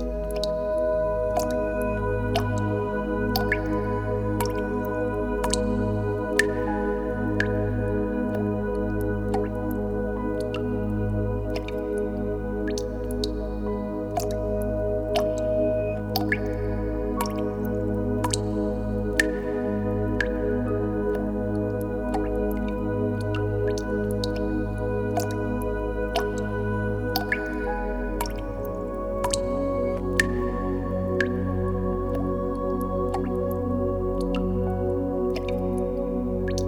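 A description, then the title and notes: Water drops fall in a cave, landing as sharp, clear plinks every second or so at an uneven pace, some leaving a short ringing tail. A steady, layered musical drone sits underneath and shifts to new notes about two-thirds of the way through. Water Drops in a Cave (with Music).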